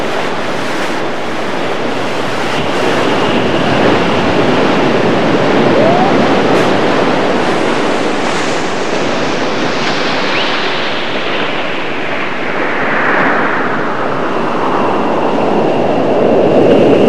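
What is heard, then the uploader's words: Waves wash in with a dense, steady rush that fills the whole clip without clear breaks. Around the tenth second the sound brightens into a hissing surge that slowly fades, and a faint thin tone hangs in the background throughout. It starts with the field recording of calming, repetitive wave sounds and slowly edits and manipulates it to create a dreamlike, unfamiliar soundscape.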